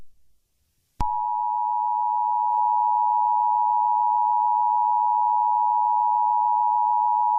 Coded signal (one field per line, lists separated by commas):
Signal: Emergency Alert System (SAME) tones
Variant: 853 and 960 Hz attention tone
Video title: EF9 tornado (EAS scenario)